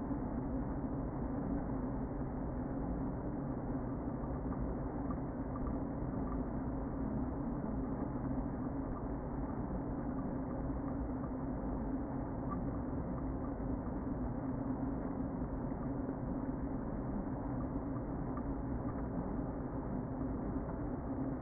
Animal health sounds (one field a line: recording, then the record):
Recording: honeybee colony, microphone inside the hive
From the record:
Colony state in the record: queen present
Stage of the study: before two queens were removed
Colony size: about 60,000 bees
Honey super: yes